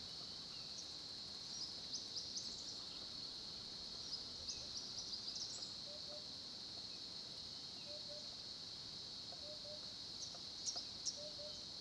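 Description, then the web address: Crickets trilling in a steady, continuous high chorus, with a few scattered higher chirps and faint short low notes repeated in the second half. Background cricket ambience recorded at a small pond at Olifants in Kruger National Park, South Africa, at 10:30 am. "Tonschliff - SOUTH AFRICAN CRICKETS BG South Africa Kruger Olifants 1030 am small pond"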